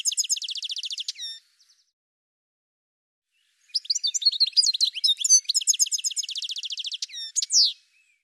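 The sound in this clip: Bird finishing a fast high trill, falling silent for two seconds, then delivering a long jumbled sequence of chirps and trills ending in a downward sweep.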